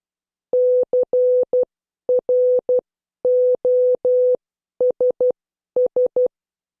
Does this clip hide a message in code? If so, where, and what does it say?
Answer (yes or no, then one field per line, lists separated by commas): yes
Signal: Morse code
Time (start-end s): 0.5-6.3 s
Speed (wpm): 12 wpm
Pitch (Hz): 500 Hz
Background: none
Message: CROSS